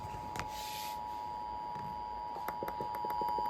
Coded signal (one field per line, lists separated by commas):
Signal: Emergency Alert System (SAME) tones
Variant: 853 and 960 Hz attention tone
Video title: August Required Monthly Test - EAS Tests From 8/20/24 (EAS #2429-2436)